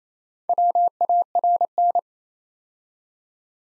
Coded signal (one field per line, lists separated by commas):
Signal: Morse code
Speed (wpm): 27 wpm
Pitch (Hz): 700 Hz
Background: none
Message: WARN